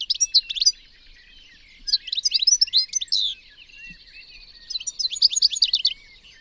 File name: Carduelis carduelis